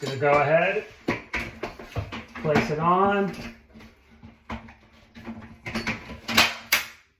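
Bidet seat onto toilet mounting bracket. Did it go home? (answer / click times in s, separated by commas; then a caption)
yes / 6.4 s, 6.7 s. Someone talks, then a Bio Bidet toilet seat is placed on and slid onto the installation brackets on the toilet bowl, with a few soft knocks as it moves. Two sharp clicks at 6.4 s and 6.7 s mark it locking, and the bidet seat is seated on the mounting bracket.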